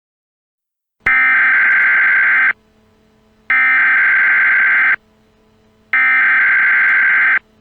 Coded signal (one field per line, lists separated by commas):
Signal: Emergency Alert System (SAME) tones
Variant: header bursts